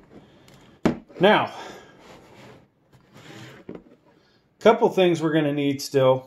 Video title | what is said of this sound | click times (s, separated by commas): Minimum Connections needed to boot to BIOS if you don't have integrated graphics featuring R9 3900x | and it should snap in place, okay? So that part's good. | 0.9 s